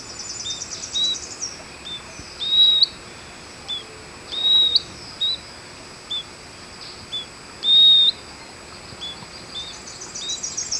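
Bird giving short, thin high whistles repeated every second or so, some slightly rising, against constant background hiss.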